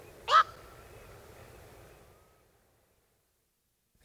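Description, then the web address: Heron giving a single loud, harsh squawk that trails off into near silence. At night. "A Guide to Night Sounds. Herons"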